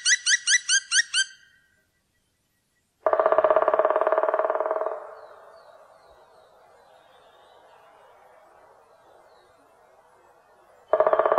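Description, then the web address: Black woodpecker: a rapid run of ringing notes, then a two-second drum roll that fades slowly, with another roll starting at the end. "fuglelyder svartspett"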